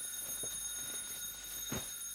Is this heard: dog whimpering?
no